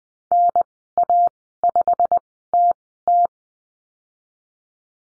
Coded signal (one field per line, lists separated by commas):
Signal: Morse code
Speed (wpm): 19 wpm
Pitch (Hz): 700 Hz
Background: none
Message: NA5TT